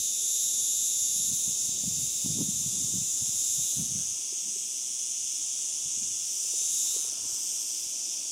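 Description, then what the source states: Cicadas producing a continuous high, hissing buzz that stays steady throughout, with faint low thumps and rustles beneath in the first few seconds. Recorded 18 July 2013.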